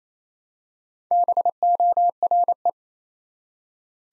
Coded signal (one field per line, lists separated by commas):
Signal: Morse code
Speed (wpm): 29 wpm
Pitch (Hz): 700 Hz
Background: none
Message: BORE